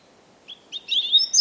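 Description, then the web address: European robin song phrase: thin, high warbled notes that start with a short sliding whistle and rise into a tumbling cluster of squeaky, tinkling notes, otherwise quiet. "Deverinetal 2025 File origin Bird Only Er Ru"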